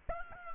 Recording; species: mosquito wingbeat signal from an infrared sensor; Aedes albopictus